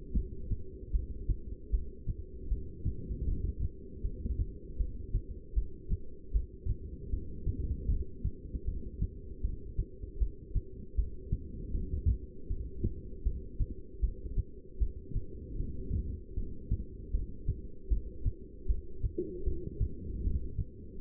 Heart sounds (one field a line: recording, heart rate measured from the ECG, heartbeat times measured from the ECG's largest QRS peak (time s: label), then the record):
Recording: heart sounds by stethoscope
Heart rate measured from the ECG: 78 bpm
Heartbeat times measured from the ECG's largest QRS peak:
0.15 s: heartbeat
0.93 s: heartbeat
1.72 s: heartbeat
2.50 s: heartbeat
3.27 s: heartbeat
4.03 s: heartbeat
4.78 s: heartbeat
5.55 s: heartbeat
6.33 s: heartbeat
7.11 s: heartbeat
7.89 s: heartbeat
8.66 s: heartbeat
9.43 s: heartbeat
10.20 s: heartbeat
10.97 s: heartbeat
11.73 s: heartbeat
12.49 s: heartbeat
13.24 s: heartbeat
14.01 s: heartbeat
14.80 s: heartbeat
15.58 s: heartbeat
16.36 s: heartbeat
17.12 s: heartbeat
17.89 s: heartbeat
18.67 s: heartbeat
19.45 s: heartbeat
20.23 s: heartbeat
21.00 s: heartbeat
From the record:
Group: heart failure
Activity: rest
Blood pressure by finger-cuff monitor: 160/98 mmHg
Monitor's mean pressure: 122 mmHg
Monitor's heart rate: 78 bpm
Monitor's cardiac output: 8.5 L/min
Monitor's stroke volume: 110 mL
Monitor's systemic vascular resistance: 1080 dyn s/cm5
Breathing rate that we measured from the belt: 14 breaths a minute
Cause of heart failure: non-ischemic cardiomyopathy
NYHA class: 1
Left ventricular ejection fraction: 62%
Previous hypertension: present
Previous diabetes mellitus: present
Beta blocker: bisoprolol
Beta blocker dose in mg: 10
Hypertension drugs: sacubitril-valsartan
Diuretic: furosemide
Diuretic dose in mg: 20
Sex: male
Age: 49 years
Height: 167 cm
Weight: 110 kg